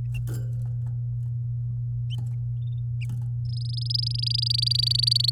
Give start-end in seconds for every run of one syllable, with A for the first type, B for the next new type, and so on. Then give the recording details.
3.45-5.30 A. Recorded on 9 May 2018 at 09:17. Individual llb16